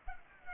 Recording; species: mosquito wingbeat signal from an infrared sensor; Culex pipiens